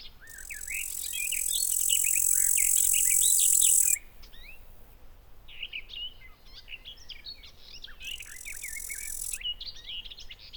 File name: 160723 BIO ugbushcrick 1-S gardenw-1-S d st sw-buchhorst